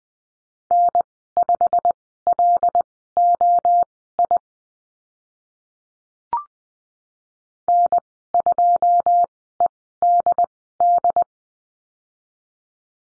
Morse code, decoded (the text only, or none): N5LOI N2EDD